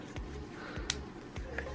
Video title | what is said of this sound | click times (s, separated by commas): DJI Osmo Pocket Expansion Kit - MY FULL REVIEW | should hear a little click there is some weight to this um | 0.9 s